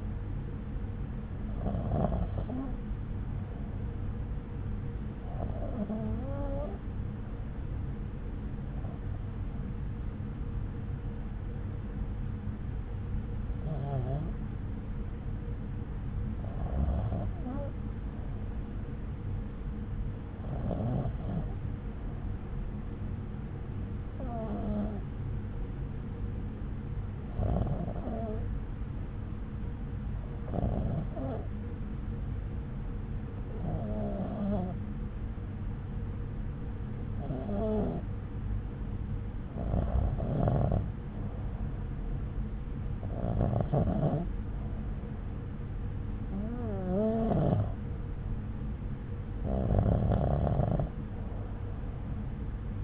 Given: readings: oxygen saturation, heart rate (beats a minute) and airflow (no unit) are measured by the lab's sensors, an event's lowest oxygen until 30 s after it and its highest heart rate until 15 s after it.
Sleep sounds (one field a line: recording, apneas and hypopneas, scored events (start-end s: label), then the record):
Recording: breathing in sleep by a smartphone at the bedside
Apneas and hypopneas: 1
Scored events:
5.00-39.10 s: hypopnea (REM, oxygen 96% highest, then 92% lowest)
From the record:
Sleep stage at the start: REM sleep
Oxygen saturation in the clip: 93 to 96%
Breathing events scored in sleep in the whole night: 303 in 8.1 hours asleep